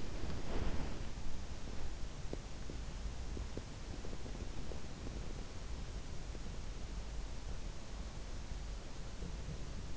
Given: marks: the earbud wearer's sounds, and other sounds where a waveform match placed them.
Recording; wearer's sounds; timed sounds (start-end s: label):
sounds in sleep by an in-ear microphone; breath
0.00-1.38 s: breath